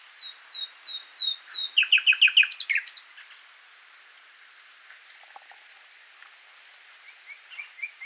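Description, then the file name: Common nightingale song: several downward-sweeping whistles, then a fast loud trill with harsh notes, ending in quiet soft notes. "Luscinia megarhynchos"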